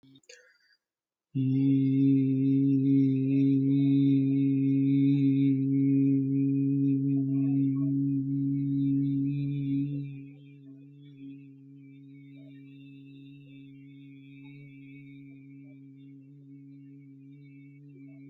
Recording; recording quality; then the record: sustained vowel as in beet; excellent, no background noise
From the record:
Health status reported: healthy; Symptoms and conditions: none ticked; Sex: male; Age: 33 years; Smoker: not ticked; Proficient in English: yes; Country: India